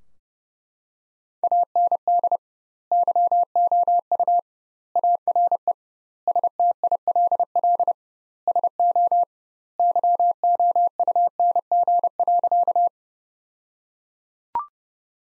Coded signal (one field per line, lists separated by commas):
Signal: Morse code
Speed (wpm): 32 wpm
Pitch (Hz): 700 Hz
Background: none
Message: AND YOU ARE STILL SO YOUNG.